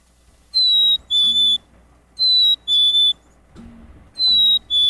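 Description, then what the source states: Black-capped chickadee whistled song: clear two-note phrases, a higher note then a slightly lower one, repeated three times, the last cut short. Spring call, a two-tone whistle that seems to say 'phoebe', 'see me' or 'sweetie'.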